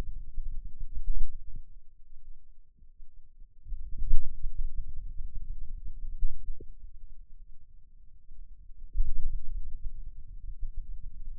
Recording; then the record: forearm muscle sounds (acoustic myography)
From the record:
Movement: pen grasping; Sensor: system 2, bracelet of six BSWA MPA416 microphones around the upper forearm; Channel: 1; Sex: male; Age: 22 years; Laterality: right